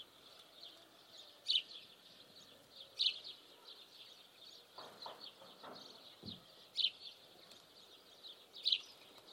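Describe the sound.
Bird repeating short, high, piercing chirps at irregular gaps of one to four seconds, over a steady thin high hiss.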